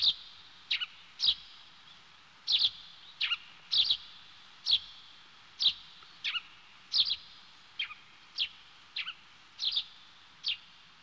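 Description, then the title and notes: Small bird calling with many brisk high chirps, repeating at a quick pace over a quiet background. "NHK効果音集 - 2-波・川・小鳥"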